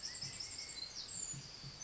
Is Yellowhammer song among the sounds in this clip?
no